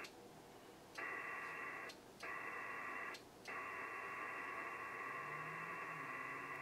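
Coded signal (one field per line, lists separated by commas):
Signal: HF data modem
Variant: PACTOR III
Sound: steady wide hissing data roar with faint tones, broken by two brief pauses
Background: radio static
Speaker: we got our connection there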